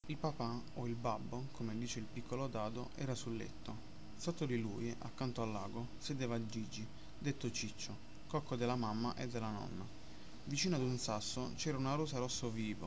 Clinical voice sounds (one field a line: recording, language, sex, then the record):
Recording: read passage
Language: Italian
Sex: male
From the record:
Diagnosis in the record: healthy control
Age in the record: 20 years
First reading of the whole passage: 46 s, 11.2 characters per second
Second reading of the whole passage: 43 s, 12.0 characters per second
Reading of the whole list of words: 38 s, 7.5 characters per second